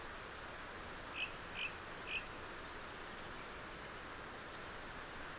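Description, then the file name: Common chaffinch calls: three short, sharp notes in quick succession, roughly half a second apart, over a steady background hiss. "Fringilla coelebs"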